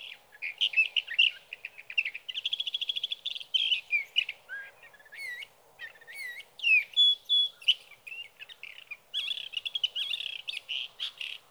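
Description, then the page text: Sage thrasher singing a long, varied medley of rapid warbles, trills and sliding whistled notes, nearly continuous, with a soft low hiss behind. Male singing at night near his night roost in Sierra Valley, California, evening June 12 to morning June 15, 2018; recorded with a Swift recorder. "61. Sage thrasher songs, through the night."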